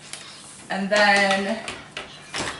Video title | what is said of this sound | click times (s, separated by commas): The BEST Amazon Prime Day Deal! - Amazon Prime Day Sale 2019 | just click it in and then | 0.1 s